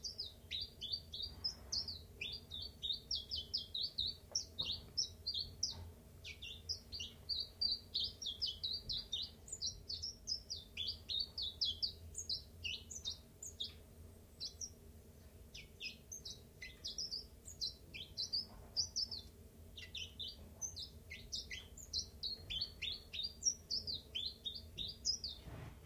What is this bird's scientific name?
Phylloscopus collybita